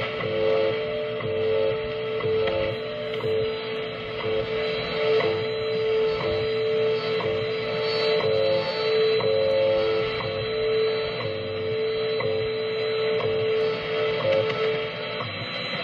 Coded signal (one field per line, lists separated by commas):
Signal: radio time signal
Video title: WWV atomic ⏰ with some information